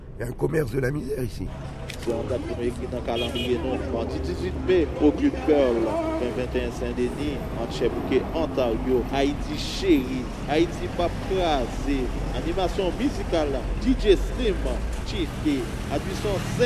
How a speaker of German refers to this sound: Langsam rollt das Auto am Ortsschild von Pétionville vorbei.